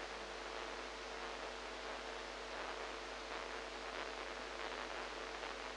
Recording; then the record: brain microelectrode recording played as sound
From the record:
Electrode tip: inside the subthalamic nucleus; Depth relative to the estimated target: -1 mm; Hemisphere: right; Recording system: NeuroSet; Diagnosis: Parkinson's disease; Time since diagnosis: 8 years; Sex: female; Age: 45 years